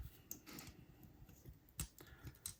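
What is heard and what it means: The quartered drive wheelsets of a model steam locomotive are pressed into their slots in the chassis frame, making a series of small, clicky plastic-and-metal snaps. Sharp clicks land at 0.3, 1.8 and 2.5 seconds, with quieter handling rustles in between. The wheelsets pop into place and are seated.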